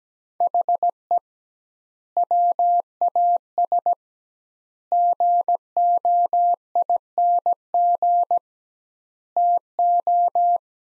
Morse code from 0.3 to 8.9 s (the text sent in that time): HE WAS GOING